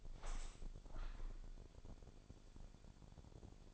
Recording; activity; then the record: daily activity, microphone in the room; open window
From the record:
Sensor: 5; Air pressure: 1000.5 hPa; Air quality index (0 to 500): 153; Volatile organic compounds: 2 ppm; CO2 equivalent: 1173 ppm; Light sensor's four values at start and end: 39/92/38/41 and 39/92/38/41